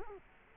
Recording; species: mosquito wingbeat signal from an infrared sensor; Culex quinquefasciatus